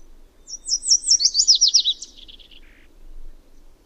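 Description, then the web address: Yellow warbler song, a bright, high string of slurred notes that runs into a lower, buzzier flourish at the end. Common species of western North America. "Songs of Birds of North America Know Your Bird Sounds Common Western Species. Yellow Warbler"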